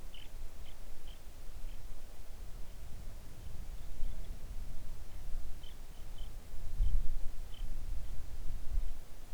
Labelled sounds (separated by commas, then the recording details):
songbird
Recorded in the Arctic National Wildlife Refuge, Alaska, on 3 August 2019 at 05:20
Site 41